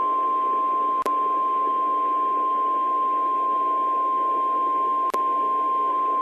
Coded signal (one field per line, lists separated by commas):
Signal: Emergency Alert System (SAME) tones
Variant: 1050 Hz attention tone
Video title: (EAS MOCK) El Reno Tornado Emergency (05/31/2013)